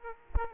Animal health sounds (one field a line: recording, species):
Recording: mosquito wingbeat signal from an infrared sensor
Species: Aedes aegypti